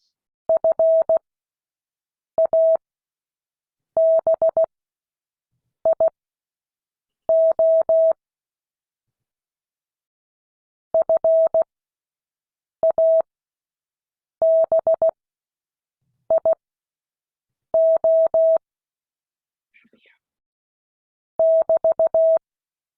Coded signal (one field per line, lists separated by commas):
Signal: Morse code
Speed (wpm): 16 wpm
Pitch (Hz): 650 Hz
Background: none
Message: FABIO FABIO <BT>